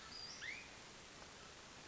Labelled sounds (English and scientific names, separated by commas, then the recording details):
Western Flycatcher (Empidonax difficilis)
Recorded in Sonoma County, California